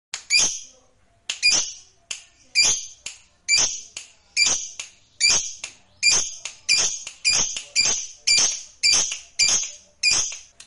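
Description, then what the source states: Lovebird giving harsh, scratchy shrieks, repeated about once a second and sometimes doubled, over a quiet background. Fighter lovebird singing energetically (gacor).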